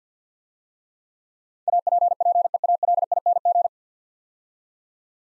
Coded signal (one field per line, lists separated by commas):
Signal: Morse code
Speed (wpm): 47 wpm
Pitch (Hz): 700 Hz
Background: none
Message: APPEALING